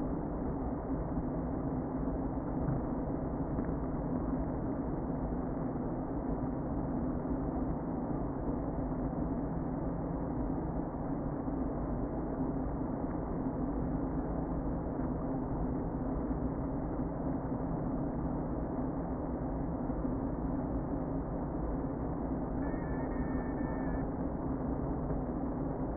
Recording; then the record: honeybee colony, microphone inside the hive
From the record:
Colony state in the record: queen present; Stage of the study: before two queens were removed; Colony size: about 60,000 bees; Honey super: yes